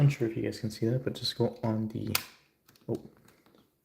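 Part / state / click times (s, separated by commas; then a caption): plastic brick piece onto model car door / not seated / none. A small plastic brick piece is pressed onto the door of a brick-built Hot Wheels Brickshop Audi RS2 model car while someone talks. After the talking stops, only faint, brief taps are heard near 3.3 and 3.5 seconds and a sharper one at the very end. The piece does not snap in, and nothing has seated or clicked yet.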